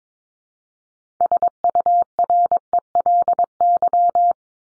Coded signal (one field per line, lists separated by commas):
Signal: Morse code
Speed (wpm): 22 wpm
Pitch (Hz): 700 Hz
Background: none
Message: SURELY